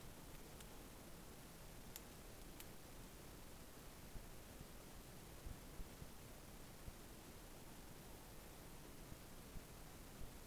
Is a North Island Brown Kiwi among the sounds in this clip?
no